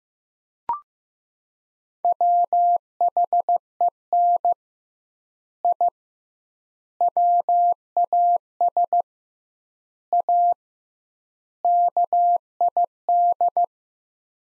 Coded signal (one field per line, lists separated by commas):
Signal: Morse code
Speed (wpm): 15 wpm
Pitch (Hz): 700 Hz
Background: none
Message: WHEN I WAS A KID